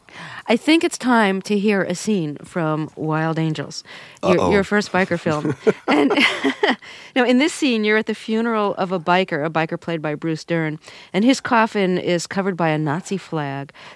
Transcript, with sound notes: I think it's time to hear a scene from "Wild Angels"...
Uh-oh.
...Your first biker film.
(LAUGHTER)
Now, in this scene, you're at the funeral of a biker - a biker played by Bruce Dern - and his coffin is covered by a Nazi flag.